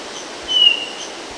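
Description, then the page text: Hermit thrush flight call, a single thin, pure-toned note sliding slightly downward, lasting about a quarter second, over a steady background hiss. Perched bird recorded in New York on August 4, 1989. "Hermit Thrush Catharus guttatus Flight call description A plaintive, pure-toned, descending "heeoo". New York August 4, 1989"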